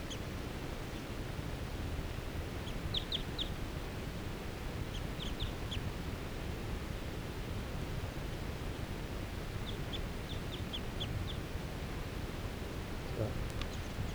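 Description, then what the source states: Crossbills giving short, sharp, clipped calls in several quick bursts of a few notes each, over a steady low rumbling background. Flock calling rapidly in lodgepole pine, with captive birds nearby; flock has a good proportion of males.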